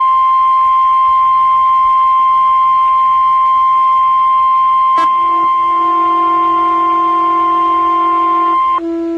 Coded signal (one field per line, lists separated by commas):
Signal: Emergency Alert System (SAME) tones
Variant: 1050 Hz attention tone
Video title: (EAS#63) Tornado Watch#415